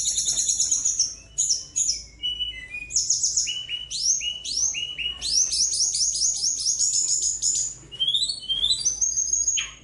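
Bird singing energetically: repeated high upward-slurred whistles in quick series, mixed with chirps and short trills, nearly nonstop.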